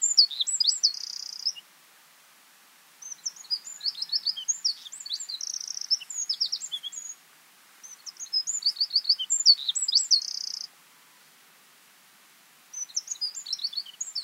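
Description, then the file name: Eurasian wren repeating loud, rapid phrases of high twitters and rattling trills, four bursts separated by short silences. "Troglodytes troglodytes"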